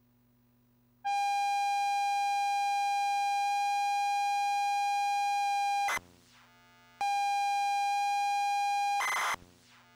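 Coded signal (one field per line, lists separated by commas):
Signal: ZX Spectrum tape loading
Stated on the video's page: TZX file of Wizball loading on a real UK ZX Spectrum +2, with the loader's special tones.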